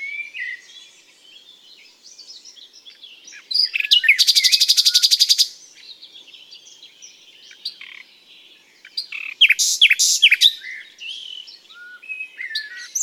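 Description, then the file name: Common nightingale singing, with soft twittering broken by a fast buzzing trill, then another loud burst of chattering, clicking notes. "Luscinia megarhynchos"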